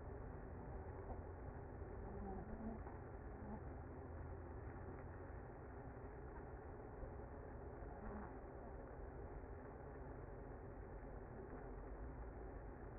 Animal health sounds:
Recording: honeybee colony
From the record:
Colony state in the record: active

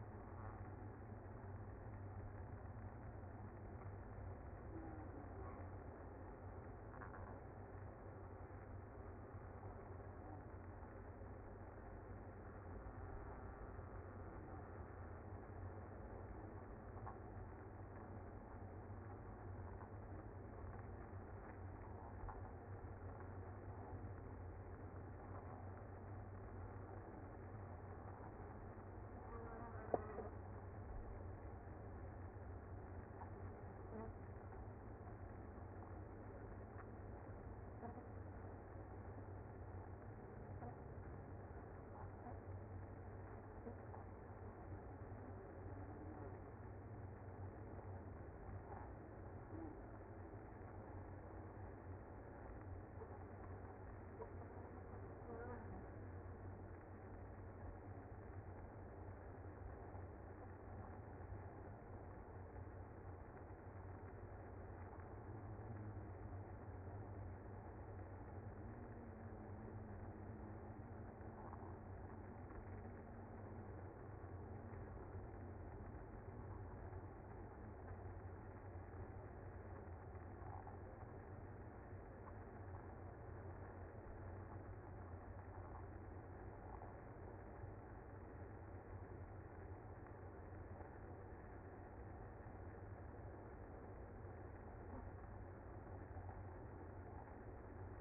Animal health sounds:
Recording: honeybee colony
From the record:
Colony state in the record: active

